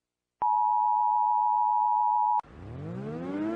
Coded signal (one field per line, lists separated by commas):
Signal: Emergency Alert System (SAME) tones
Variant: 853 and 960 Hz attention tone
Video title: Mr Increible afortunado y perturbado - ESCUCHAS LA ALARMA DE ESTE PAÍS O CIUDAD / EAS ALARM (FINAL)